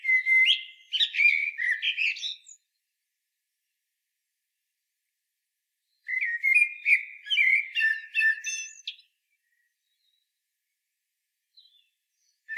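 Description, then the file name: Common blackbird song: rich mellow whistled phrases that break into thin high twittering, delivered in bursts with several seconds of silence between them. "Turdus merula"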